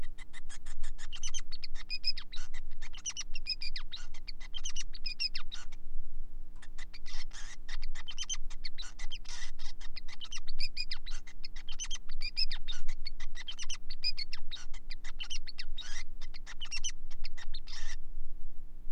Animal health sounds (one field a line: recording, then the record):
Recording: song of a male Bengalese finch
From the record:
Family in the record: son of father 5